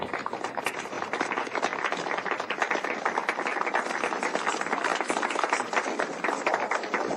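Sustained applause from an audience welcoming Mr. Corleone, in a Catalan-dubbed scene from The Godfather: a dense crackle of many hands clapping steadily for several seconds at an even, moderate loudness, with no voices standing out.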